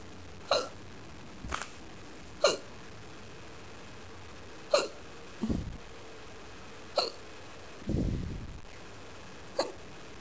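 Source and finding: Adult. Hiccups.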